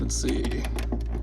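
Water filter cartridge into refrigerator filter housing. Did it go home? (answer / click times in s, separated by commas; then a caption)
no / none. A plastic water filter cartridge is pushed up into the filter housing of an LG refrigerator and handled with a twist while someone talks. Faint tapping and handling sounds are heard, including a brief sharp sound near 0.9 s. Nothing has seated or clicked into place yet.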